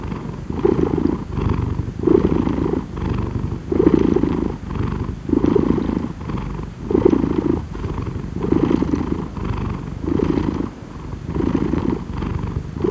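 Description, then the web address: Cat purring, a low rumbling vibration that swells and fades with each breath, roughly every second and a half. "مجموعه افکت صدا حیوانات SES Animals SFX Cat Purring"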